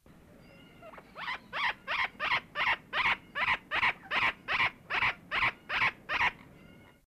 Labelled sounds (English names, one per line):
Hispaniolan Amazon call